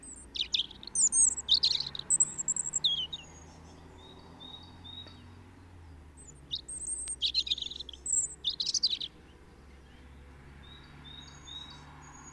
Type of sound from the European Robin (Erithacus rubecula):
song